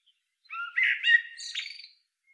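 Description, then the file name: Eurasian blackbird giving a single short phrase of fluty whistles that blurs into a thin, scratchy twitter at the end. "Turdus merula"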